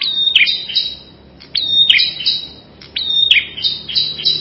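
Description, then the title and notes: Prinia singing rapid high chirps with short buzzy trills between, phrases repeated about every 1.5 seconds, over a soft steady background noise. Full song including trilled passages, called ngerol. "Suara Kicau Burung Prenjak Lengkap dan Ngerol"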